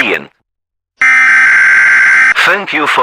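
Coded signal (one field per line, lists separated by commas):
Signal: Emergency Alert System (SAME) tones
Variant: header bursts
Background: speech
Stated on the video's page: Fictional EAS scenario, simulated alert.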